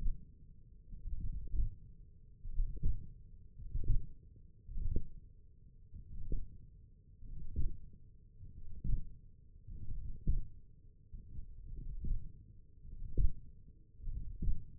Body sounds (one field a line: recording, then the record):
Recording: forearm muscle sounds (acoustic myography)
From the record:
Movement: hand opening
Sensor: system 1, eight BSWA MPA416 microphones around the upper forearm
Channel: 4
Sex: male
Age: 42 years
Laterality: right